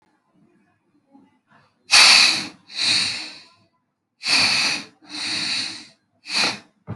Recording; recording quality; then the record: deep breathing; excellent, no background noise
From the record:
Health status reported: healthy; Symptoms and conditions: none ticked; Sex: female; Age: 23 years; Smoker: not ticked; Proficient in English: yes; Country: India